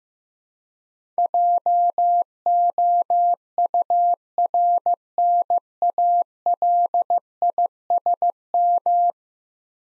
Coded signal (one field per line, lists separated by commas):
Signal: Morse code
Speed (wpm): 15 wpm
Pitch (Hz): 700 Hz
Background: none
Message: JOURNALISM